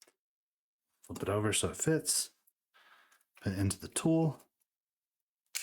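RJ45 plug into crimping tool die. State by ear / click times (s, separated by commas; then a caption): seated / 5.6 s. Someone talks while a pass-through RJ45 plug on a Cat6 cable is pushed into a crimping tool's die. A short, sharp click at 5.6 s marks the plug seating in place in the die.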